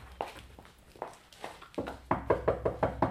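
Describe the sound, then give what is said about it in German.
A few soft, scattered footsteps, then a quick, steady run of about six firm raps on a bedroom door, evenly spaced and louder than the steps before them. “Wenn sie noch im Bett liegt, klopfen Sie mal an der Tür da.”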